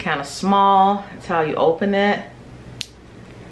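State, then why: Seated. Someone talks while opening a small metal snap clasp on a compact wallet or purse, then the talking stops. At 2.8 s a single sharp click is heard as the clasp snaps shut and seats back in place.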